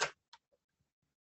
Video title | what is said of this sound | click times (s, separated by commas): FB Punch and Stamp | and it snaps right in I can slide it around | 0.3 s